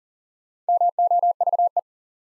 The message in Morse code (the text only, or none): MOVE